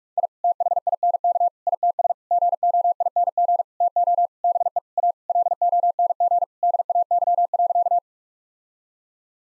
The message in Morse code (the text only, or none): I THINK ITS GOING TO BE A LONG DAY.